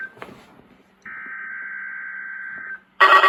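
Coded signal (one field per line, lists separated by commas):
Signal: Emergency Alert System (SAME) tones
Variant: header bursts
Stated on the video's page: Weekly test received on an EV10.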